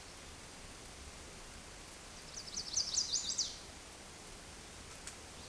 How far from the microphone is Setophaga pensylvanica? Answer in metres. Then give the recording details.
about 20 m. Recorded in a Pennsylvania forest on 17 May 2023 at 13:53. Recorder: AudioMoth, point grid1_26_low. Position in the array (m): 189 m, 42 m